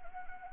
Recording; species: mosquito wingbeat signal from an infrared sensor; Anopheles arabiensis